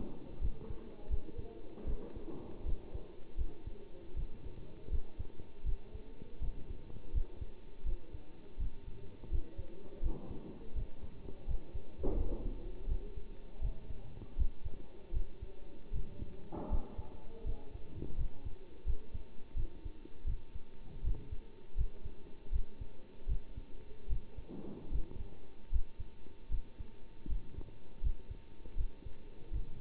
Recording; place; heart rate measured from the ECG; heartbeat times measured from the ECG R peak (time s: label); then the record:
heart sounds by stethoscope; between the tricuspid and mitral areas; 80 bpm
0.41 s: heartbeat
1.09 s: heartbeat
1.86 s: heartbeat
2.65 s: heartbeat
3.37 s: heartbeat
4.15 s: heartbeat
4.91 s: heartbeat
5.65 s: heartbeat
6.41 s: heartbeat
7.13 s: heartbeat
7.85 s: heartbeat
8.58 s: heartbeat
9.31 s: heartbeat
10.02 s: heartbeat
10.75 s: heartbeat
11.47 s: heartbeat
12.17 s: heartbeat
12.88 s: heartbeat
13.61 s: heartbeat
14.38 s: heartbeat
15.13 s: heartbeat
15.92 s: heartbeat
16.70 s: heartbeat
17.45 s: heartbeat
18.17 s: heartbeat
18.86 s: heartbeat
19.56 s: heartbeat
20.26 s: heartbeat
21.03 s: heartbeat
21.77 s: heartbeat
22.52 s: heartbeat
23.28 s: heartbeat
24.09 s: heartbeat
24.91 s: heartbeat
25.72 s: heartbeat
26.50 s: heartbeat
27.28 s: heartbeat
28.02 s: heartbeat
28.77 s: heartbeat
29.52 s: heartbeat
From the record:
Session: bicycle stress test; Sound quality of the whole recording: good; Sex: male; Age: 27 years